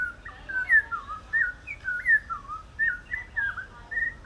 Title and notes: Topographie sonore du quartier : la grive kurrichane. Nkolmbong-Nord neighborhood, Émana, Yaoundé 1, Cameroon. December 2, 2023, 5:03 p.m. Sounds captured: song of a west african thrush